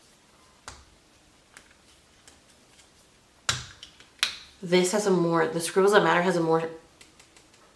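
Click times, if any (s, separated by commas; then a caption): 3.5 s, 4.2 s. A plastic cap is pressed onto the barrel of a Scribbles That Matter watercolor brush pen, with faint small taps at first, then two loud, sharp snaps at 3.5 s and 4.2 s as the cap clicks shut. Someone talks right after, and the cap is seated with a firm, satisfying snap.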